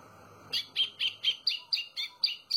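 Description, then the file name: White-throated seedeater singing a fast series of sharp, evenly spaced high notes, roughly four per second, clear over a quiet background. "canto do golinho"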